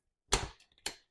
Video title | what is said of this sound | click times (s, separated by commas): Hikevent Collapsible Wagon, Foldable Cart - Assembly & Demo | and they'll pop right into place once you get them popped into place you kind of hear | 0.3 s, 0.9 s